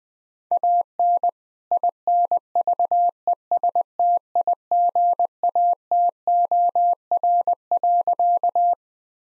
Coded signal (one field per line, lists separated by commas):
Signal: Morse code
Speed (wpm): 20 wpm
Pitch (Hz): 700 Hz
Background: none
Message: AN INVESTIGATOR.